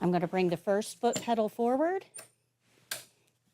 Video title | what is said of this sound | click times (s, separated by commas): 🍽️ LIVE 4YourCNA Classroom! Class 6 – Transfers, Feeding & Peri-Care Skills That Count! 🦽🧼 | Make sure it locks into place. | 2.9 s